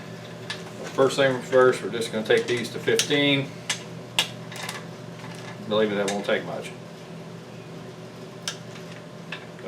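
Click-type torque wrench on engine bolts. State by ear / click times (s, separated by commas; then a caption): torque reached / 8.5 s, 9.3 s. A click-type torque wrench tightens the outer engine bolts to 15 ft-lb during a 2007 Chevy 5.3 V8 rebuild while someone talks. After a few light taps, the wrench gives faint clicks at 8.5 s and 9.3 s, confirming the bolts reached 15 ft-lb with very little effort.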